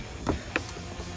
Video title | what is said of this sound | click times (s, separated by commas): How to headlight bulb replacement/How to Replace Windshield Wipers on Car #volvo #car #howto #s80 | all clicked back together put it back | 0.6 s